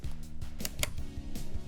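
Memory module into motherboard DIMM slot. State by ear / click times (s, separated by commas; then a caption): seated / 0.7 s, 0.8 s. A memory module, its notch lined up with the key in a motherboard DIMM slot, is pressed down on both sides over a steady low tonal hum. The retention latches snap closed with two sharp, bright clicks at 0.7 s and 0.8 s, and the module is confirmed seated in the slot.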